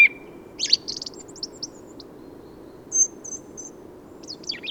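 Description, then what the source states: Song thrush song: brief high whistled and chattering phrases with gaps, with soft background hiss. Recorded 15 November 2020 in Forêt de Valdrôme, France, in autumn, with a Nagra Seven and Telinga Pro7 parabola; an autumnal improvised song, thrushes staying for abundant whitebeam and rowan fruit.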